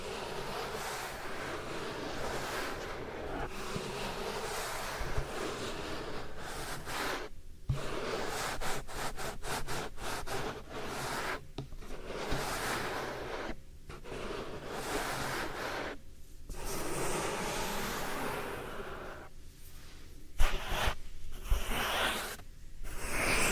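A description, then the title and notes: Soft rubbing of powder over the ear makes a dense, airy swishing that runs steadily, broken by brief pauses and one sharper tap near twenty seconds. ASMR Real Soft Powder Ear Massage (No Talking).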